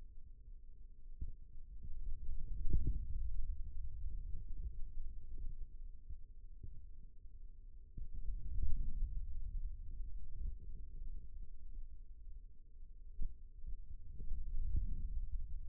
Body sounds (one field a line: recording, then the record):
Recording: forearm muscle sounds (acoustic myography)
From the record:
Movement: hand closing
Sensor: system 2, bracelet of six BSWA MPA416 microphones around the upper forearm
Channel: 3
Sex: male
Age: 22 years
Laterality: right